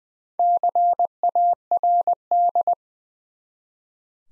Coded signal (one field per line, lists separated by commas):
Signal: Morse code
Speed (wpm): 20 wpm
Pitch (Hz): 700 Hz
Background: none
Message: CARD